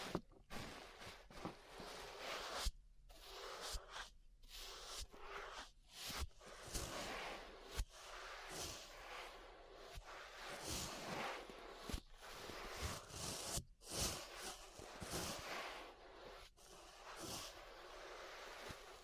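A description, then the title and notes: Brushing against an ear makes a dense, scratchy rustle through most of the 19 seconds. Strokes come in uneven bursts with short gaps of near silence, around 3, 4, 8 and 14 seconds. Occasional sharp clicks and thumps punctuate the bright, hissy texture. ASMR Relaxing 3Dio Ear Brushing (No Talking).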